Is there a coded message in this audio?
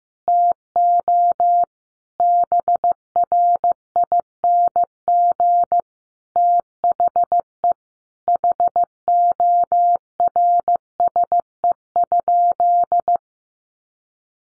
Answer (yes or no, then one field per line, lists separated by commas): yes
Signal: Morse code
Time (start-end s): 0.3-13.2 s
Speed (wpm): 15 wpm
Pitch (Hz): 700 Hz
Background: none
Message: TO BRING THE HORSE?